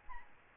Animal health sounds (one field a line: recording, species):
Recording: mosquito wingbeat signal from an infrared sensor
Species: Aedes albopictus